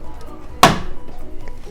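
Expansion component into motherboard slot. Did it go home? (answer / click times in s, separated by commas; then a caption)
yes / 0.6 s. An expansion card is pushed front first into a slot on an ASUS ROG STRIX B550-E motherboard set up on a wet-bench, then its back is pressed down. It seats with one sharp, loud click at 0.6 s over quiet background sound, followed by a faint tick at 1.5 s. The card fits snugly in the slot.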